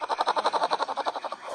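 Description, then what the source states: Black bear cub snoring: soft, throaty pulses repeating rapidly and evenly in a steady purring rhythm. Baby black bear, asleep and snoring, apparently in an animal rescue setting.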